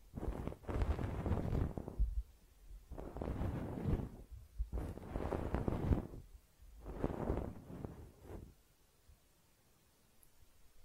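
Close up ear cleaning: rough, scratchy rubbing comes in four bursts of about one to two seconds each, separated by short gaps, with low thumping and crackle inside each pass. The strokes fade toward the end, leaving near silence after about nine seconds.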